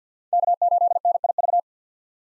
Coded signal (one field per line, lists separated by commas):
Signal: Morse code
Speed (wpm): 49 wpm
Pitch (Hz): 700 Hz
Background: none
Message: K8NIV